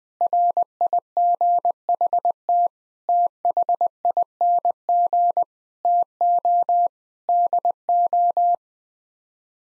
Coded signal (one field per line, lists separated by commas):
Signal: Morse code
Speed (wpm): 20 wpm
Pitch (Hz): 700 Hz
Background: none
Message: RIGHT THING TO DO